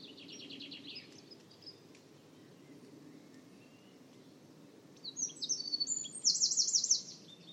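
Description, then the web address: Bird calls: a quick series of high chirps at the start, then after a quiet stretch a louder, buzzy, high trill of rapidly repeated notes, over a steady low background hiss. "cianscape birddata Deverinetal 2025"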